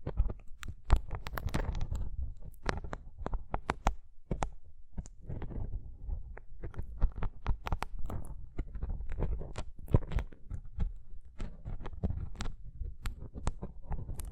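Rough brain cleaning and picking: a dense, irregular run of wet squelches, scrapes and sharp clicks with hardly any pause. Low, thick squishing sits underneath throughout, while bright ticks and snaps pop out several times a second, with a brief lull near four seconds.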